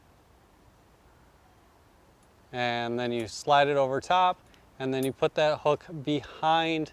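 About 2.5 seconds of quiet background hiss, then someone talks for the rest of the clip while lining up the hook on a trellis string reel, getting ready to slide it over the garden trellis support bar and hook it behind. Nothing has seated or clicked yet.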